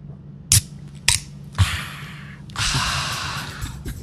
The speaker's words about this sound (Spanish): Y van a escuchar el sonido de una lata de Clipper de fresa.